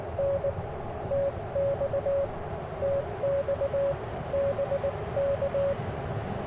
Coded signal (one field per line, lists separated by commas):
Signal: Morse code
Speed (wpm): 19 wpm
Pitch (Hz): 560 Hz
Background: radio noise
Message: N TX TX BK